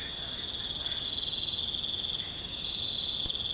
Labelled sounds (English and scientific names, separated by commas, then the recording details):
none
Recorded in pastures near Puerto Asís, Putumayo, Colombia, on 21 December 2024 at 21:30
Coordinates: 0.466, -76.322
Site G040